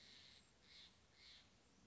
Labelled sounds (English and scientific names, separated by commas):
Steller's Jay (Cyanocitta stelleri)